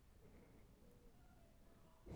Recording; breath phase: one breath near a microphone; inhalation